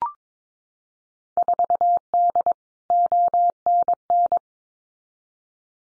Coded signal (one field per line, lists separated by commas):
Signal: Morse code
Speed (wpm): 22 wpm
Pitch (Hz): 700 Hz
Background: none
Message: 4D ONN